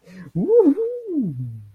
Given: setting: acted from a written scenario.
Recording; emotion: vocal sound without words; pride